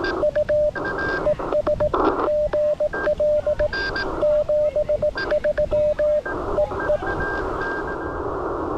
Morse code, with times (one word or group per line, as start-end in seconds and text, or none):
0.2-0.7 U
1.3-1.9 ES
2.3-3.7 GL
4.2-6.2 73
6.6-7.0 EE